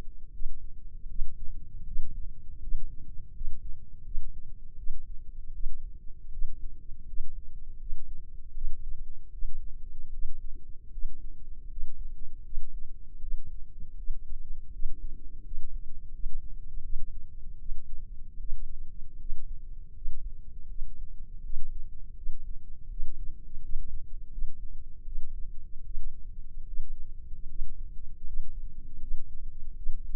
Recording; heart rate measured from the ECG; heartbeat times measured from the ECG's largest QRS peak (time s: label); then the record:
heart sounds by microphone in the left ear; 79 bpm
0.31 s: heartbeat
1.07 s: heartbeat
1.84 s: heartbeat
2.60 s: heartbeat
3.32 s: heartbeat
4.03 s: heartbeat
4.76 s: heartbeat
5.52 s: heartbeat
6.30 s: heartbeat
7.05 s: heartbeat
7.78 s: heartbeat
8.53 s: heartbeat
9.31 s: heartbeat
10.10 s: heartbeat
10.90 s: heartbeat
11.68 s: heartbeat
12.43 s: heartbeat
13.19 s: heartbeat
13.96 s: heartbeat
14.70 s: heartbeat
15.42 s: heartbeat
16.11 s: heartbeat
16.81 s: heartbeat
17.57 s: heartbeat
18.37 s: heartbeat
19.17 s: heartbeat
19.92 s: heartbeat
20.67 s: heartbeat
21.41 s: heartbeat
22.14 s: heartbeat
22.88 s: heartbeat
23.60 s: heartbeat
24.29 s: heartbeat
25.03 s: heartbeat
25.82 s: heartbeat
26.65 s: heartbeat
27.46 s: heartbeat
28.24 s: heartbeat
28.99 s: heartbeat
29.74 s: heartbeat
From the record:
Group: healthy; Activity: rest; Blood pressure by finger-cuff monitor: 124/72 mmHg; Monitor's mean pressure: 91 mmHg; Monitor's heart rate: 79 bpm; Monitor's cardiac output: 6.9 L/min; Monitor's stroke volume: 87 mL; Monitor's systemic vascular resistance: 970 dyn s/cm5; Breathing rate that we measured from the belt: 15 breaths a minute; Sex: female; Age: 24 years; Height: 163 cm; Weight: 55.7 kg